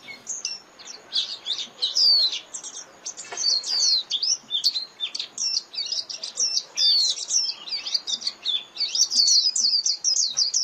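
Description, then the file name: White-eye chatter, a near-continuous stream of high, quick twittering notes, rising and falling slides packed tightly together with only brief pauses. Lure call used to attract white-eyes for trapping (tiếng khuyên mồi). "Tieng khuyen moi"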